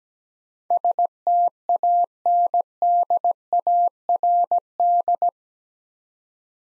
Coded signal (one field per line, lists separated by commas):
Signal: Morse code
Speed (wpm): 17 wpm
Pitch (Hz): 700 Hz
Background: none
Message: STANDARD